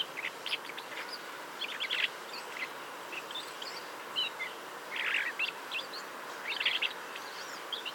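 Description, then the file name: Common blackbird: scattered high chirps with a couple of fuller, rasping bursts near five and seven seconds, and constant background hiss. "Turdus merula"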